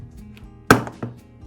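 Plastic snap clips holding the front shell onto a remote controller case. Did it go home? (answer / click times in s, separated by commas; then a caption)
released / 0.7 s. A small Phillips screwdriver is wedged under the plastic case of a DJI Agras T50/T40 drone remote controller to pry the front shell off. A loud, sharp snap at 0.7 s is followed by a couple of fainter knocks, as the plastic snap clips holding the front shell pop open and release.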